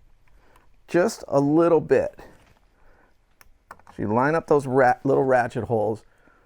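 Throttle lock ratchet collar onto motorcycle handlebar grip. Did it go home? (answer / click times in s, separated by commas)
no / none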